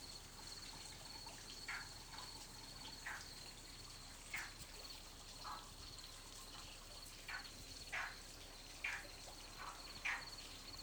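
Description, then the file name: Frog calls, brief chirping notes scattered about every second, under a constant high-pitched insect buzz. Recorded at night. "froggy night"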